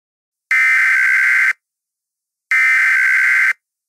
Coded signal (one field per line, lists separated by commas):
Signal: Emergency Alert System (SAME) tones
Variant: header bursts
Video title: When Hurricanes Collide - EAS Scenario #3